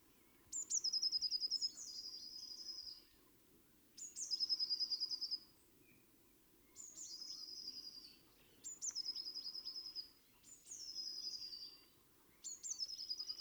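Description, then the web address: Eurasian blue tit song: six phrases, each a thin high note falling into a rapid shimmering trill. "SETE data Cyanistes caeruleus"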